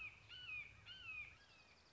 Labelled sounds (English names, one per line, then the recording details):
Red-shouldered Hawk
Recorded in Sonoma County, California